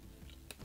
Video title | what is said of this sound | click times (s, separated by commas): NAMOKI Mods DIY Watchmaking Kit | it pops out there's a real healthy pop and | 0.5 s